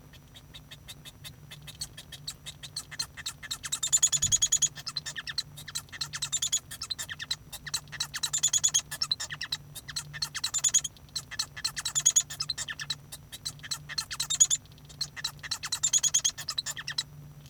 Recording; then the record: song of a male Bengalese finch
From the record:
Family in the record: son of father 1